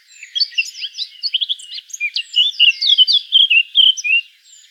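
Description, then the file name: Eurasian blackcap warbling steadily, a mix of scratchy twitters and louder mellow fluted notes running without a break. "Sylvia atricapilla"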